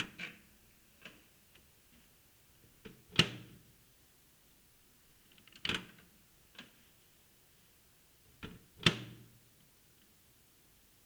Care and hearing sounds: daily activity, guitar pickup as the sensor; use microwave

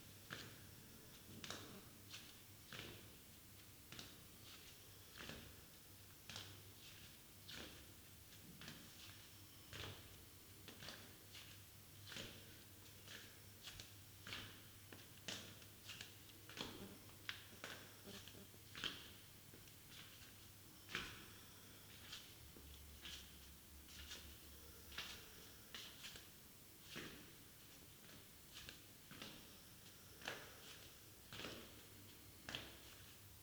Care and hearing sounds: daily activity, guitar pickup as the sensor; go downstairs

